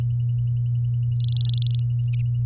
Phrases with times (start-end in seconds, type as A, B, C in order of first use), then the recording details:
1.17-1.81 A. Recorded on 9 May 2018 at 06:31. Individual llb16